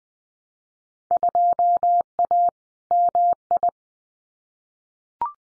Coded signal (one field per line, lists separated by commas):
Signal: Morse code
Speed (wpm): 20 wpm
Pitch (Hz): 700 Hz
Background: none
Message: 2A MI